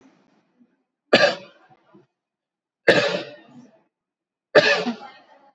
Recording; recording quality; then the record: heavy voluntary cough; excellent, no background noise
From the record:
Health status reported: COVID-19 positive, mild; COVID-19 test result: positive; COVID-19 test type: RT-PCR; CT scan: taken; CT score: 18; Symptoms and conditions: cold, muscle pain, hypertension, ischaemic heart disease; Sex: male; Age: 55 years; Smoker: no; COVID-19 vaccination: both doses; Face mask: not worn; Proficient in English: yes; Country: India